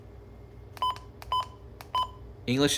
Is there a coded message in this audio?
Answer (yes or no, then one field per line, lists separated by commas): no